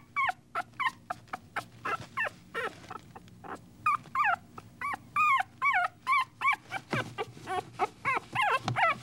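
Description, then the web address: Dog: puppy whimpering and whining, a rapid series of high, wavering squeals, about three a second, with short pauses. "щенок"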